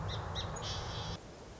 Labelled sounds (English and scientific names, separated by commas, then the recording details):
Song Sparrow (Melospiza melodia)
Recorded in Sonoma County, California